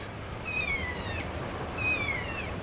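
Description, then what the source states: Kea calls: two long, descending screeching whistles with rich overtones, separated by a short pause. Kea calling as another bird comes in, two birds chatting to each other, Arthur's Pass village, New Zealand, during citizen science kea banding on a sunny day.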